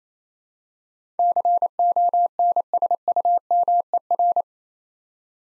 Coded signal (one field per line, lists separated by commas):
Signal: Morse code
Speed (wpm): 28 wpm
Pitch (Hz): 700 Hz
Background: none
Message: CONSUMER